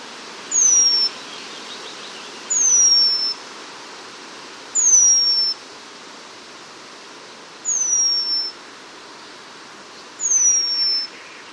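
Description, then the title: Eurasian penduline tit calls: five thin, high, drawn-out falling whistles at intervals of a few seconds over a soft background hiss. "La Mésange rémiz (Remiz pendulinus)"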